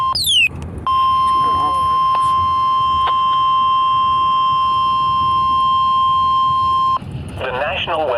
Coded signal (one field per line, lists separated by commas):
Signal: Emergency Alert System (SAME) tones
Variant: 1050 Hz attention tone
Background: speech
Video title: radio madness 2 the sequel eas317-363 EAS alerts from 5/19/22